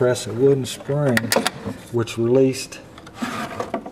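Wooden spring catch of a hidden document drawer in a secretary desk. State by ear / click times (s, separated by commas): seated / 3.7 s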